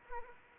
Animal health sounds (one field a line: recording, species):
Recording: mosquito wingbeat signal from an infrared sensor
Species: Anopheles arabiensis